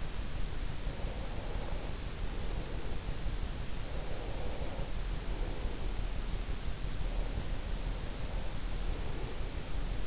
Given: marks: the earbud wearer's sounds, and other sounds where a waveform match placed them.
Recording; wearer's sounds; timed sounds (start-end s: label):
sounds in sleep by an in-ear microphone; breath
0.12-3.48 s: breath
3.80-6.45 s: breath
7.00-10.07 s: breath